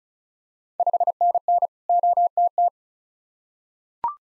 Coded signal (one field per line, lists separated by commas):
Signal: Morse code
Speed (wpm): 36 wpm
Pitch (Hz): 700 Hz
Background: none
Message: 5NN OTT